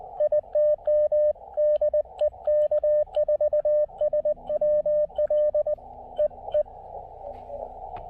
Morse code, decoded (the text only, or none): ITM DE K4SWL EE